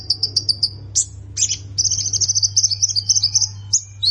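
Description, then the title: Plain prinia song mixing short chirps, a few rising notes and a buzzy chattering run, over a continuous low hum. "Ciblek Sawah"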